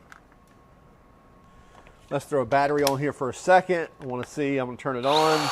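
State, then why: Seated. A metal jigsaw blade is pushed into the tool-free blade clamp of a RIDGID R86346B 18V sub compact barrel grip cordless jig saw and seats with a sharp click at 0.1 s. Fainter clicks follow at about 0.3, 1.8 and 1.9 s, then someone talks from about 2.1 s to the end.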